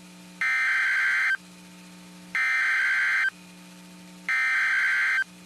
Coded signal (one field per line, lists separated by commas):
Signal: Emergency Alert System (SAME) tones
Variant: header bursts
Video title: Tornado Warning for Coryell, TX (EAS #95)